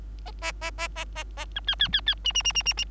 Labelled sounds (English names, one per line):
Bengalese Finch song